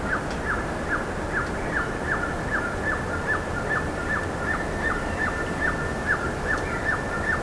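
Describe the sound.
Bird calls, a steady series of short downslurred chirps, two to three per second, with a few faint higher ticks and constant background hiss.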